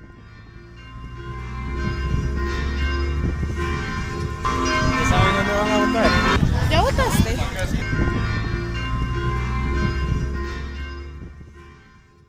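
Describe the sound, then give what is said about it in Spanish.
Church bells ring out marking the start of mass, heard outside the José Martí School in San Isidro de Heredia, in a steady, overlapping peal of sustained metallic tones, with people talking and a brief spoken question over the ringing. “Eso era lo que se escuchaba a las afueras de la Escuela José Martí en San Isidro de Heredia, justo en el momento en que las campanas de la iglesia marcaban el inicio de la misa.”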